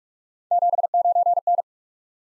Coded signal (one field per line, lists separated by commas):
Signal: Morse code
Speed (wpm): 44 wpm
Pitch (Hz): 700 Hz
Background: none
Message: 79N